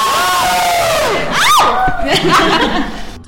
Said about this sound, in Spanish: Y ya nada más nos despedimos con un grito, chicos, me gustó su grito, entonces, venga. Venga, venga.